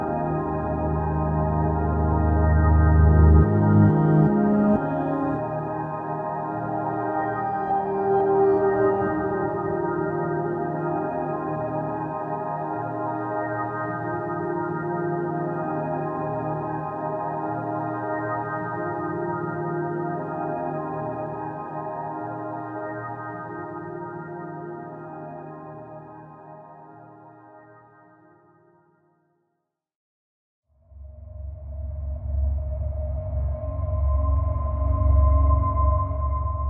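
A soft upright piano plays low, held chords that ring on and slowly fade over nearly half a minute, with a few quiet notes shifting early on. Near the thirtieth second it falls silent briefly, then a new, fuller low chord is struck.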